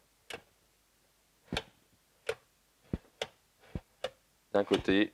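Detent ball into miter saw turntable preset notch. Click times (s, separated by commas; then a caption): 0.3 s, 3.2 s, 4.0 s. A small spring ball on a Metabo KS 216 miter saw drops into the preset angle detents of the metal turntable as it is swung through its preset angles (15°, 22.5°, 30°, 45°), giving sharp little clicks at 0.3, 3.2 and 4.0 seconds, with more short ticks in between. The ball seats in each preset notch, and someone talks toward the end.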